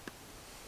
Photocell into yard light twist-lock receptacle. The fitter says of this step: and twist there you are nice click